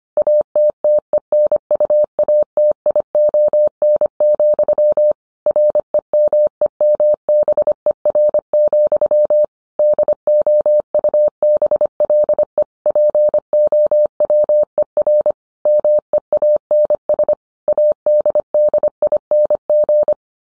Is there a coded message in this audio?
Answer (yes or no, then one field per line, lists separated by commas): yes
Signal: Morse code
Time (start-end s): 0.2-20.1 s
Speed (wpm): 25 wpm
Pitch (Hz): 600 Hz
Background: none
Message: ATTENUATION, REMEMBER, DOUBLE POWER MEANS ADDING